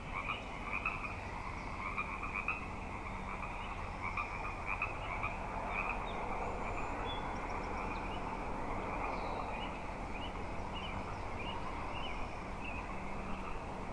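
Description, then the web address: Frog chorus with dense overlapping croaks forming a continuous trilling wash, with a few faint high chirps drifting over it. Frog chorus on Grafton Lake, 3 May 2009. "The Frog Chorus Tunes Up On Grafton Lake"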